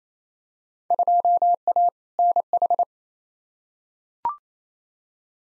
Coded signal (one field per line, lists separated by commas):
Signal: Morse code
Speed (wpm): 28 wpm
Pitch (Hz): 700 Hz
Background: none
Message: 2A NH